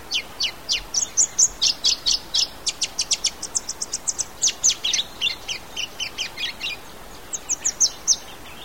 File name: bright rumped yellow finch